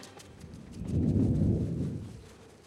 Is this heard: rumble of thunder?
yes